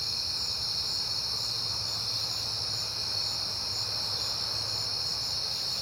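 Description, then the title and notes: Crickets keep up a steady shrill chorus over a soft low background noise. Crickets on a peaceful night in September. "Night Time: Crickets and Passing Cars. It is September and I have been hearing the crickets a lot, but finally had a peaceful night to make the recording"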